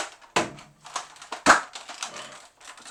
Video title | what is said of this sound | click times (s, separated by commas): Double Dealer | L'air de bien se clipser celle-là sur ce modèle en tout cas. | 0.4 s